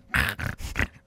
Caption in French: Le chien qui s'étouffe. C'est du reverse sneezing. C'est entre son nez, sa gorge, tout. Il y a un petit moment de capoting.